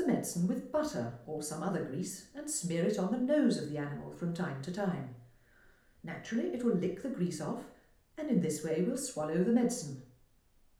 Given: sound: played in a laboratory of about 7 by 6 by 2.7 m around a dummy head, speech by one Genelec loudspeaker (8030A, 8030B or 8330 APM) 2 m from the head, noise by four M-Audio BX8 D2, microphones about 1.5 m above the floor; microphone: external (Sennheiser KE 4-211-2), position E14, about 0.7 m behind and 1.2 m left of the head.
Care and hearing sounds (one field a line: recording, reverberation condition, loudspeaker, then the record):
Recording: female speech in English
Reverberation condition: medium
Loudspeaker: 60 degrees to the left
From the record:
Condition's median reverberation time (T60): about 510 ms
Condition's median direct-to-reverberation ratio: about -0.5 dB